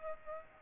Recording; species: mosquito wingbeat signal from an infrared sensor; Aedes aegypti